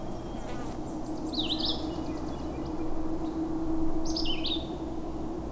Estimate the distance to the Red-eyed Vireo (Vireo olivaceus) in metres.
about 15 m